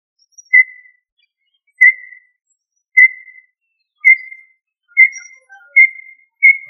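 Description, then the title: Tinamou call: single clear whistled notes on one pitch, each with a short trailing tail, repeated about once a second and coming slightly faster toward the end. "Familia Tinamidae - Quail - Puyuh"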